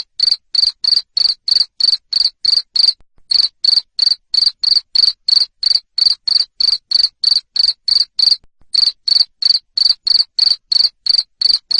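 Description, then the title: Cricket chirping steadily for the whole stretch, sharp high pulses about three each second, interrupted by two short pauses. Loud cricket chirping played to make lovebirds sing (ngekek) continuously. "Suara JANGKRIK NGERIK Keras Bikin LOVEBIRD Jadi NGEKEK Terus Vubey"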